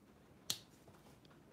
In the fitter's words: satisfying click same on the other side